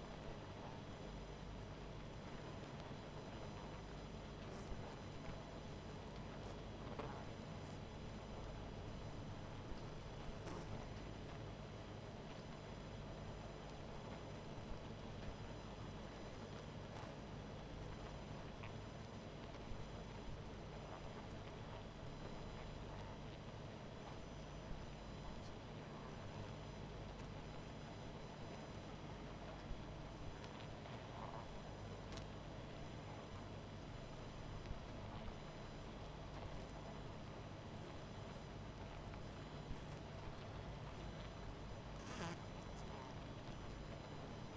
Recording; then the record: honeybee colony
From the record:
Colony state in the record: missing queen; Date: 14 July 2017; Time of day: 19:55